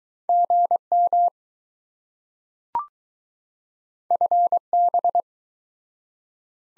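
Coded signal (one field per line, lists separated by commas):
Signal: Morse code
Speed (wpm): 20 wpm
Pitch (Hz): 700 Hz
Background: none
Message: GM FB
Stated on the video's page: Speed-Racing practice format starting fast and slowing to a 15 wpm base, fastest speed 1.5 times the slowest, with a final repeat at maximum speed.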